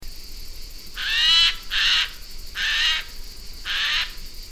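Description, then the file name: Eurasian jay calling with four loud, harsh, grating screeches in irregular succession over a constant high hiss. "Garrulus glandarius"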